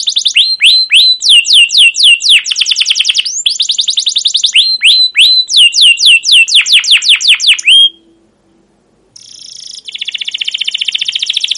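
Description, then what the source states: Canary song with rapid runs of falling whistled chirps for eight seconds, a brief silence, then a high, even rolling trill. Song used as a lure (pancingan) to train other canaries to sing; long continuous singing with cuit-cuit notes and rolling (ngerol) passages.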